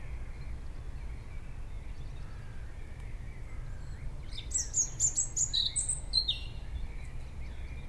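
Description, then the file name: European robin song: one rapid string of high, sweet notes lasting about two seconds, against steady low background hum. "Erithacus rubecula"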